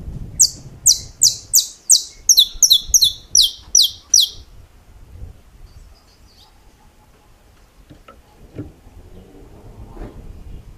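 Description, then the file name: Saffron finch song: a quick string of high, descending notes, some doubled, over about four seconds, then a quiet stretch with faint noises. "Canto-do-Canário-da-Terra"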